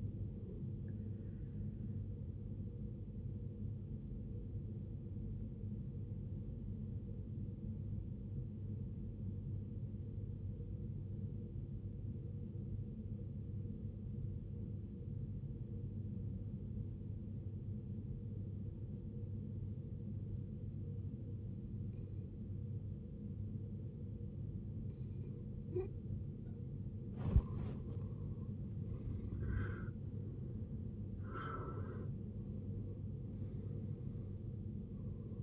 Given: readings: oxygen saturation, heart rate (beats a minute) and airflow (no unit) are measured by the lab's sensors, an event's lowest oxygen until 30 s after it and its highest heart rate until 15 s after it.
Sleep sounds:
breathing in sleep by a smartphone at the bedside; 1
10.00-26.40 s: obstructive apnea (N1, oxygen 91% highest, then 77% lowest, heart rate 53 at the start, 80 highest)
From the record:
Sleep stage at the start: N1 (lightest sleep); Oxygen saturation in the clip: 80 to 91%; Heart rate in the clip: 52 to 79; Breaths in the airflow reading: 3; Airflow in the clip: -15.2 to 16.3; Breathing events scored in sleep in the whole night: 389 in 6.3 hours asleep

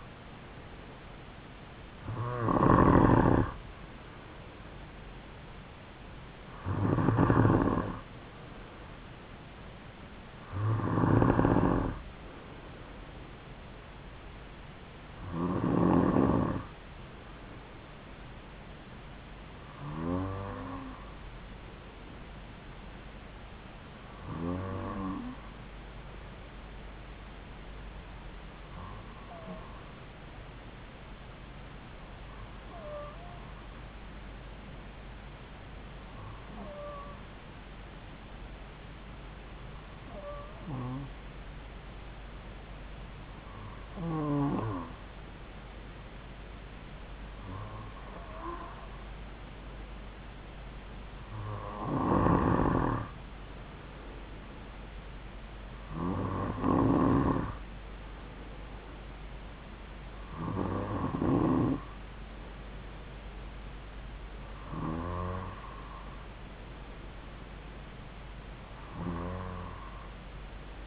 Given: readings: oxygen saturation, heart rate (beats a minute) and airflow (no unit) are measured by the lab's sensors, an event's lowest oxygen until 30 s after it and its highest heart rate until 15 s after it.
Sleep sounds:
breathing in sleep by a voice recorder at the bedside; 1
22.00-46.80 s: hypopnea (N2, oxygen 96% highest, then 93% lowest)
38.00-68.00 s: new sleep stage, N3 (deep sleep)
68.00-70.87 s: new sleep stage, N2 (light sleep)
From the record:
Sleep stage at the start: N2 (light sleep); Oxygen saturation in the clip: 92 to 96%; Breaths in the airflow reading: 17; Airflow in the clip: -3.9 to 3.9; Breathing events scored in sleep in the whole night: 270 in 6.1 hours asleep

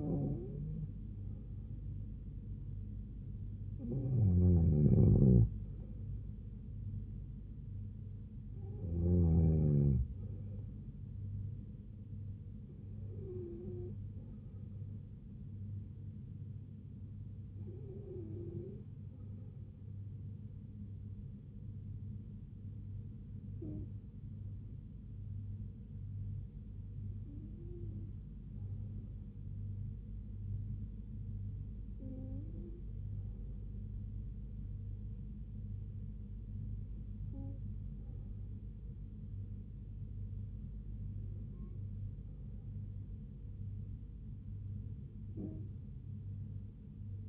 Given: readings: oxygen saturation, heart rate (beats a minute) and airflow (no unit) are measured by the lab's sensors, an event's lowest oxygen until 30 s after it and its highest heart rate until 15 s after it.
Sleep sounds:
breathing in sleep by a smartphone at the bedside; none
none scored
From the record:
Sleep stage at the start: N2 (light sleep); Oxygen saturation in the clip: 92 to 94%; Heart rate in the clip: 68 to 78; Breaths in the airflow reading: 11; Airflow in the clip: -4.4 to 3.4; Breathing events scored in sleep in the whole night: 158 in 7.3 hours asleep

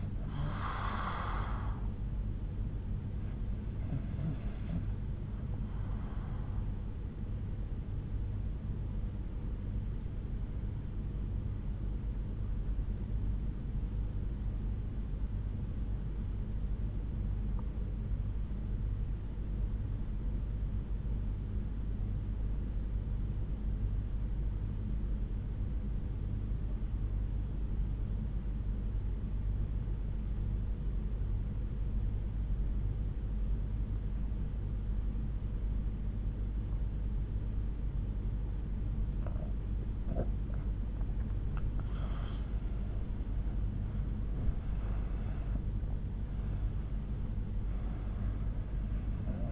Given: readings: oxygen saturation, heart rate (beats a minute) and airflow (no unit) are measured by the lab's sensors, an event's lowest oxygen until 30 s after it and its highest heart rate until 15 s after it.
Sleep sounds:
breathing in sleep by a smartphone at the bedside; 1
11.00-40.90 s: obstructive apnea (REM, oxygen 95% highest, then 78% lowest, heart rate 65 at the start, 92 highest)
37.00-49.52 s: new sleep stage, N1 (lightest sleep)
From the record:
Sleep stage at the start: REM sleep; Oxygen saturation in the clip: 84 to 95%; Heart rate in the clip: 64 to 92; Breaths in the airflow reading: 3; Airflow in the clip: -11.5 to 10.7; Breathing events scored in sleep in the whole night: 368 in 8.0 hours asleep

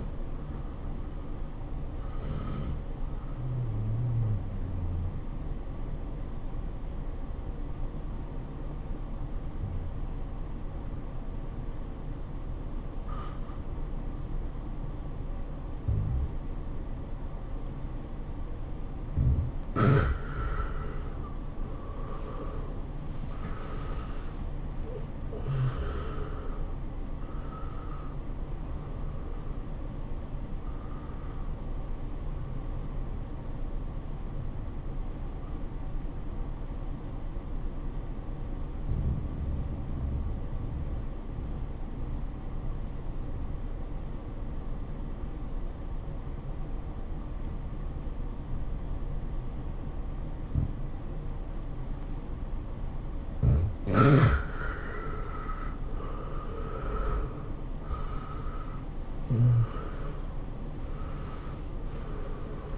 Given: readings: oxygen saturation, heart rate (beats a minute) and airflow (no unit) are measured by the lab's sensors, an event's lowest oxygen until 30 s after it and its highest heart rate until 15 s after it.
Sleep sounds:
breathing in sleep by a smartphone at the bedside; 2
10.00-19.80 s: obstructive apnea (N1, oxygen 96% highest, then 82% lowest, heart rate 100 at the start, 104 highest)
38.00-54.20 s: obstructive apnea (N1, oxygen 97% highest, then 78% lowest, heart rate 100 at the start, 104 highest)
From the record:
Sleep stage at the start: N1 (lightest sleep); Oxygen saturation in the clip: 82 to 97%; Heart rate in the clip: 83 to 104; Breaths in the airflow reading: 10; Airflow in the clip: -11.9 to 11.3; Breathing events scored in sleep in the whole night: 403 in 5.5 hours asleep

